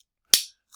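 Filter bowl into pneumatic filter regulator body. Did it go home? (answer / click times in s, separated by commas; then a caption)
yes / 0.3 s. A filter bowl is lined up with its locator indicator, pushed onto a plastic and metal pneumatic filter regulator body and twisted. A single sharp, bright click at 0.3 s shows it locking into place, followed by near silence and a faint higher-pitched sound at the very end. The bowl is seated.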